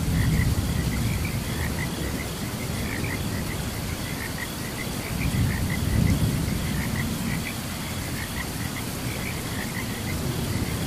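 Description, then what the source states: Frogs give quick, bubbly chirps several times a second against rain and low rumbling thunder. Frogs chirping during a thunderstorm.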